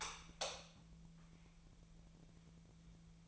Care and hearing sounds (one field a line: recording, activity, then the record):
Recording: daily activity, microphone in the room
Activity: light on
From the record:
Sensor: 1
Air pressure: 1000.0 hPa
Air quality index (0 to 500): 131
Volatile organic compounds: 2 ppm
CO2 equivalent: 1236 ppm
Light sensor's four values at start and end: 32/81/34/42 and 36/97/39/47